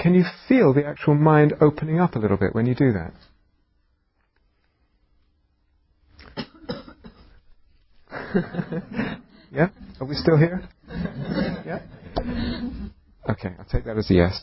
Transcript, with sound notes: Can you feel the mind opening up a bit when you do that? Yeah? [laughter] Are we still here? Okay. I'll take that as a yes.